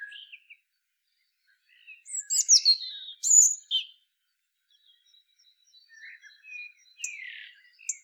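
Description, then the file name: European robin song, a few high thin sweeping notes and a bright twittered phrase, followed by quieter scattered warbles after a long pause. "Erithacus rubecula"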